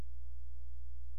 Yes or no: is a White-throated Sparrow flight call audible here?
no